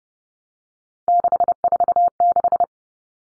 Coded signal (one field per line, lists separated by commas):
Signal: Morse code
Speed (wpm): 30 wpm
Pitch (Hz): 700 Hz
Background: none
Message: 646